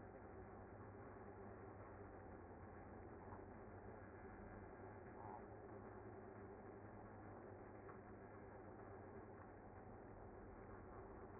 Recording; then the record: honeybee colony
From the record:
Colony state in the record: active